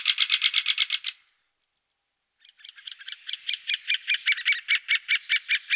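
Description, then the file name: Great spotted woodpecker calls: a quick burst of harsh repeated notes, a pause of over a second, then a steady series of rasping notes resuming. Recorded in Adamello Brenta Natural Park. "Picchio rosso maggiore"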